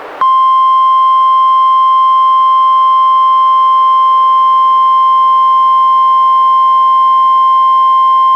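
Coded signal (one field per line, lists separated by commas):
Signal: Emergency Alert System (SAME) tones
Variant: 1050 Hz attention tone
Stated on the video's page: NWS required weekly tests relayed by weather radio station KEC91, recorded directly from a Reecom R-1630 weather radio onto a Zoom H1 recorder.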